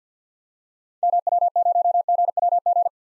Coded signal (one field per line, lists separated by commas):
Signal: Morse code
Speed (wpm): 50 wpm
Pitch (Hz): 700 Hz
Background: none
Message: MW0GWG